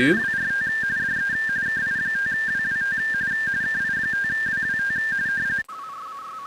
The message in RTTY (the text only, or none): WRT DE KI5WWT KI5WWT